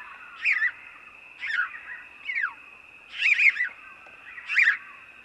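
House sparrow chirping: five sharp, slightly harsh chirps at uneven intervals, some doubled, against a constant high drone.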